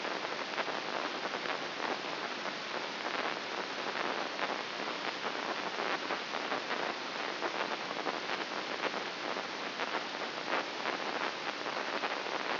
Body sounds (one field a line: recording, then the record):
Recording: brain microelectrode recording played as sound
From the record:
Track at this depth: inside the subthalamic nucleus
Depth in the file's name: 3.04 mm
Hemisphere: right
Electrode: 2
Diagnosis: Parkinson's disease